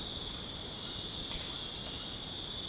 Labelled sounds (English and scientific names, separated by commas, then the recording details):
none
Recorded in secondary vegetation near Puerto Asís, Putumayo, Colombia, on 23 June 2025 at 22:00
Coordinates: 0.484, -76.319
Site G074